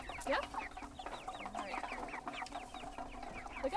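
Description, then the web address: Chickens giving many quick rising peeps and chirps, overlapping in a busy stream, with a low background hum. Chickens recorded at a chicken coop on a goat farm, while the coop was being pulled. "Sky Cloud Audio Post Production GOAT FARM SOUNDS pulling chicken coop"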